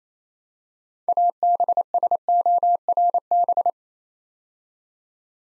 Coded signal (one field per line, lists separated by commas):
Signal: Morse code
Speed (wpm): 27 wpm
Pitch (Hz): 700 Hz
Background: none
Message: ABSORB